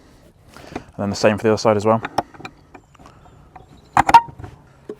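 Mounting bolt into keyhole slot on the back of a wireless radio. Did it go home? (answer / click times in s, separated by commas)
yes / 4.1 s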